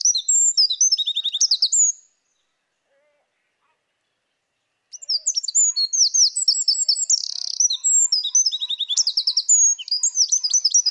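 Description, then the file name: Eurasian wren song: loud, high, rapid trills and warbled notes in a two-second burst, a few seconds of quiet, then a long run of fast notes to the end. "Troglodytes troglodytes"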